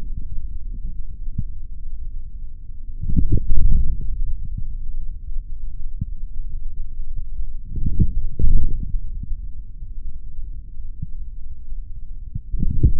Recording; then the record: forearm muscle sounds (acoustic myography)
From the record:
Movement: forearm pronation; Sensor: system 3, bracelet of six PUI Audio POM-2738L microphones around the upper forearm, with dedicated amplification and filtering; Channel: 5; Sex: male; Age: 26 years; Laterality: right